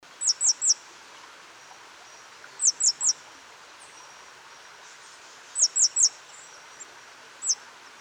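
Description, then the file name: Great tit giving piercing high notes in tight triplets, about every three seconds, with a lone single note near the end and soft background hiss. "Parus major"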